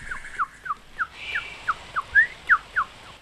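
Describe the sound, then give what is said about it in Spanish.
Birds singing together: a steady run of about ten short, bright chirps, each quickly falling in pitch, evenly spaced over a faint background hiss, with no voices. “A veces, toda una hilera de mariposas le sostenía el pelo y los pájaros se juntaban en coro para arrullarle la siesta.”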